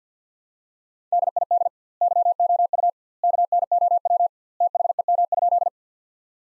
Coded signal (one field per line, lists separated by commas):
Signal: Morse code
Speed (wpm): 46 wpm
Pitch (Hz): 700 Hz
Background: none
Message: DID YOU KNOW THEM?